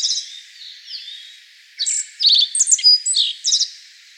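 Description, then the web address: Black-faced bunting song: a faint trailing phrase fades out, then a fuller run of high chirps and rapid buzzy trill notes lasting nearly two seconds. Recorded 25 May 2013. "birdenaga aoji 130525"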